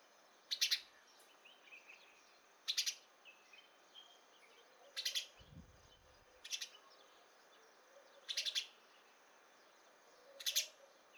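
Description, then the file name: House sparrow uttering harsh chirps about every two seconds, six in all, with faint background birds and a brief low rumble midway. "Passer domesticus"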